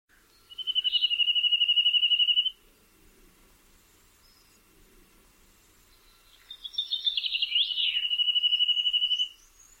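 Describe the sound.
Bird singing two long, steady, high buzzy trills of a few seconds each, separated by a pause of about four seconds.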